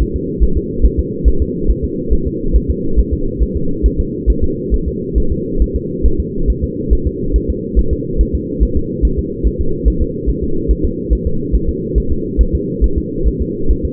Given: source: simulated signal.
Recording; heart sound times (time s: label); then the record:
fetal heart sounds
0.02 s: S1
0.16 s: S2
0.43 s: S1
0.57 s: S2
0.85 s: S1
0.99 s: S2
1.28 s: S1
1.42 s: S2
1.70 s: S1
1.84 s: S2
2.13 s: S1
2.27 s: S2
2.56 s: S1
2.70 s: S2
2.99 s: S1
3.13 s: S2
3.43 s: S1
3.57 s: S2
3.86 s: S1
4.00 s: S2
4.30 s: S1
4.44 s: S2
4.74 s: S1
4.88 s: S2
5.18 s: S1
5.32 s: S2
5.62 s: S1
5.76 s: S2
6.06 s: S1
6.20 s: S2
6.50 s: S1
6.64 s: S2
6.93 s: S1
7.07 s: S2
7.36 s: S1
7.50 s: S2
7.79 s: S1
7.93 s: S2
8.21 s: S1
8.35 s: S2
8.63 s: S1
8.77 s: S2
9.05 s: S1
9.19 s: S2
9.47 s: S1
9.61 s: S2
9.88 s: S1
10.02 s: S2
10.30 s: S1
10.44 s: S2
10.71 s: S1
10.85 s: S2
11.13 s: S1
11.27 s: S2
11.55 s: S1
11.69 s: S2
11.98 s: S1
12.12 s: S2
12.41 s: S1
12.55 s: S2
12.84 s: S1
12.98 s: S2
13.28 s: S1
13.42 s: S2
13.71 s: S1
13.85 s: S2
From the record:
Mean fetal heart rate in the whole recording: 140 bpm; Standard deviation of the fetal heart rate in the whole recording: 2 bpm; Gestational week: 34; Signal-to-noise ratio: -8.1 dB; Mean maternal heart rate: 72 bpm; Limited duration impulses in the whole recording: present